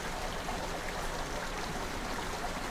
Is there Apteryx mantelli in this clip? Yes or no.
no